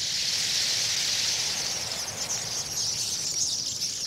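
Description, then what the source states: Tree Swallows calling as a flock, a dense, steady wash of high twittering from many birds with no pauses. Autumn roost of up to 300,000 tree swallows at Goose Island on the Connecticut River near Old Lyme, gathering at sunset shortly before migrating south for the winter.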